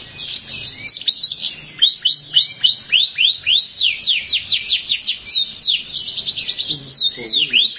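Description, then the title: Canary song: a fast, continuous run of bright chirped notes, many slurred downward, in rapid succession. "Kenari"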